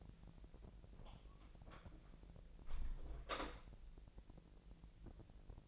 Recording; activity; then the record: daily activity, microphone in the room; close door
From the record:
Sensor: 5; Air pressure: 1001.4 hPa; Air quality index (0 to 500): 248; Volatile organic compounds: 35 ppm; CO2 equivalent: 3054 ppm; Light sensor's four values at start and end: 37/85/34/33 and 37/85/34/33